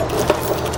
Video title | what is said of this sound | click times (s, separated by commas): TOYHAULERS | it's very simply locks into place | 0.3 s